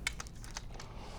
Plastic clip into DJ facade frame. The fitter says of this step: and you go underneath and then you let go and they snap right in. Pretty easy.